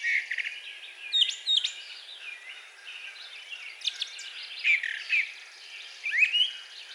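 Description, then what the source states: Brown Thrasher: songbird phrases with sharp slurred whistles and buzzy notes over background hiss, in irregular loud bursts. Recorded 4 June 2020.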